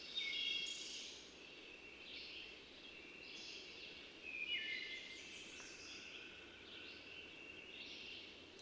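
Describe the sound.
Several birds singing at once, high trilling and warbling phrases, a louder burst at the start and another near four and a half seconds, steady hiss beneath.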